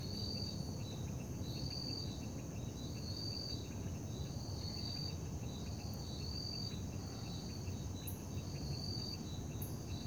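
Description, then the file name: Cricket chirps, high and pulsed, repeating regularly, with low background rumble and a few faint high clicks. Night ambience in Parque da Liberdade. "Ambiencia parque da liberdade a noite com grilos, morcegos, moto longe e sapos"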